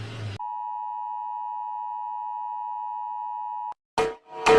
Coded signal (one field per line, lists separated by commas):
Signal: Emergency Alert System (SAME) tones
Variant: 853 and 960 Hz attention tone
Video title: Rating EAS Alarm Part 1 (Because why not? Warning: these contains flash)